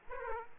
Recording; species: mosquito wingbeat signal from an infrared sensor; Aedes aegypti